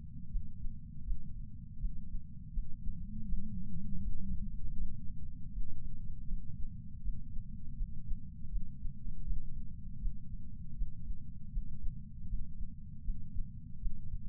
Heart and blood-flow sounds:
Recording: heart sounds by patch sensor on the chest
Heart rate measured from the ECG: 80 bpm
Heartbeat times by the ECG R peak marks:
0.28 s: heartbeat
1.04 s: heartbeat
1.78 s: heartbeat
2.51 s: heartbeat
3.26 s: heartbeat
4.01 s: heartbeat
4.76 s: heartbeat
5.51 s: heartbeat
6.26 s: heartbeat
7.01 s: heartbeat
7.75 s: heartbeat
8.49 s: heartbeat
9.24 s: heartbeat
9.99 s: heartbeat
10.75 s: heartbeat
11.50 s: heartbeat
12.27 s: heartbeat
13.02 s: heartbeat
13.78 s: heartbeat
From the record:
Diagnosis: coronary artery disease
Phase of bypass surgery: intraoperative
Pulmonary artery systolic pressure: 27 mmHg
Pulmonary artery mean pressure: 22 mmHg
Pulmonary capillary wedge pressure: 12 mmHg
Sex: male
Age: 49 years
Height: 175 cm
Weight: 80 kg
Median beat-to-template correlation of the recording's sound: 0.80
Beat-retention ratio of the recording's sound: 1.00

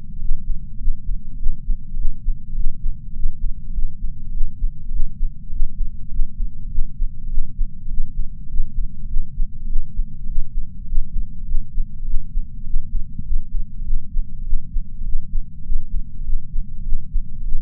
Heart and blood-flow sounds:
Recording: heart sounds by patch sensor on the chest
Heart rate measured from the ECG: 101 bpm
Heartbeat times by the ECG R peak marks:
0.19 s: heartbeat
0.80 s: heartbeat
1.37 s: heartbeat
1.85 s: heartbeat
2.46 s: heartbeat
3.13 s: heartbeat
3.73 s: heartbeat
4.33 s: heartbeat
4.92 s: heartbeat
5.50 s: heartbeat
6.11 s: heartbeat
6.71 s: heartbeat
7.25 s: heartbeat
7.88 s: heartbeat
8.47 s: heartbeat
9.07 s: heartbeat
9.68 s: heartbeat
10.26 s: heartbeat
10.85 s: heartbeat
11.47 s: heartbeat
12.06 s: heartbeat
12.64 s: heartbeat
13.23 s: heartbeat
13.84 s: heartbeat
14.45 s: heartbeat
15.05 s: heartbeat
15.63 s: heartbeat
16.25 s: heartbeat
16.85 s: heartbeat
17.44 s: heartbeat
From the record:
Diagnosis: coronary artery disease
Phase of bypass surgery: intraoperative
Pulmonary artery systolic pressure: 20 mmHg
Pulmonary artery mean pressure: 11 mmHg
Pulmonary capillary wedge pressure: 4 mmHg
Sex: male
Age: 69 years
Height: 174 cm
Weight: 79 kg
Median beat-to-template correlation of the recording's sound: 0.72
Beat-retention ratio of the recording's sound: 0.98

